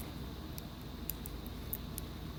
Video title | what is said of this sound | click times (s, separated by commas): 73-87 Chevy-GMC C10 Intellitronix Digital Gauge Cluster Blue Install Part 1 | Push it a little bit past that part right there. You'll hear it click. | 1.1 s